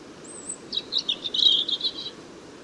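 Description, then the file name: European Robin song: a brief high thin whistle, then a rapid twittering jumble of scratchy, warbling notes lasting over a second, with low background hiss. "Erithacus rubecula"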